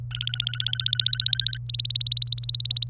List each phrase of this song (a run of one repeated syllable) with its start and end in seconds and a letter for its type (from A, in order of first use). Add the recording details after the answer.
0.11-1.57 A, 1.69-2.85 B. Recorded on 27 April 2018 at 13:05. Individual llb3